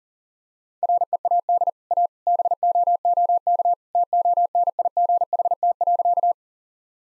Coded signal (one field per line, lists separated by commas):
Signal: Morse code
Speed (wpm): 37 wpm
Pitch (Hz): 700 Hz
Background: none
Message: READ A BOOK TONIGHT.